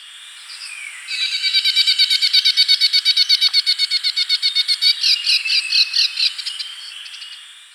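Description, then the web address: Grass-green tanager song: a fast, dense chatter of notes that swells after the first second, stays steady for about five seconds, then fades. Recorded in Ecuador. "Birds of Ecuador. Grass-Green Tanager"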